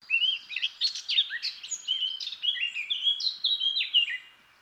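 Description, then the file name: Eurasian blackcap delivering a continuous, hurried warble of varied chirps and slurred whistles. "Sylvia atricapilla"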